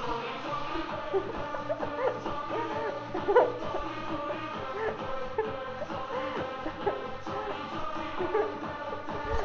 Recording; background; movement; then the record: laughter; music; sitting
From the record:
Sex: female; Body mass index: 18.8 kg/m2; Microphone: on the chest, facing outward